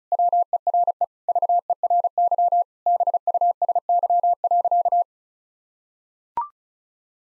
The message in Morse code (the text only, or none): WERE VERY BUSY.